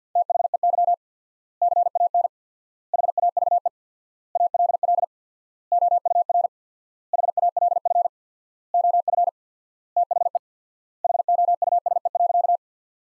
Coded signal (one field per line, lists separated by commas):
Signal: Morse code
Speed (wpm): 50 wpm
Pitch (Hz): 700 Hz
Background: none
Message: THEY CAN HAVE ALL OUR HALF OF THE HOUSE.